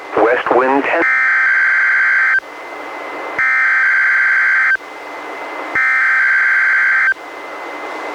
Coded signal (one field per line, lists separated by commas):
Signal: Emergency Alert System (SAME) tones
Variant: header bursts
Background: speech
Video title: EAS #329-331: 3 NWR Required Weekly Tests- July 10-24, 2019